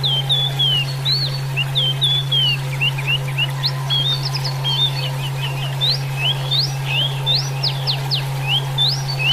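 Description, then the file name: Chinese hwamei song, a long run of varied loud whistled phrases with rising and falling slurs and quick trills, over a steady low hum. "suara alam hwamei mini"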